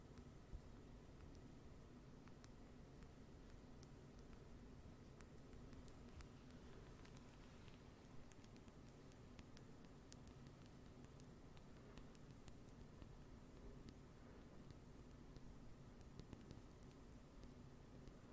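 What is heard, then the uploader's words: Slow, rain-like tapping: small, light ticks fall irregularly and sparsely across the whole stretch, never forming a steady rhythm. Underneath runs a constant, even hiss with a dense low rumble that stays the same level from start to finish. ASMR NO TALKING slow rain-like Tapping.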